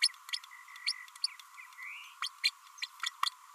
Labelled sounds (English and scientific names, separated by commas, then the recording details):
Green-rumped Parrotlet (Forpus passerinus) babbling
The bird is a female
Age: 30 days
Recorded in a nest box in Venezuela
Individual 17B32A5